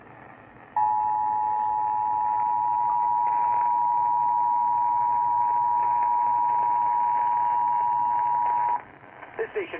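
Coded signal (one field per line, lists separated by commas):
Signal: Emergency Alert System (SAME) tones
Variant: 853 and 960 Hz attention tone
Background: speech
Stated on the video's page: Severe Thunderstorm Warning heard on AM radio.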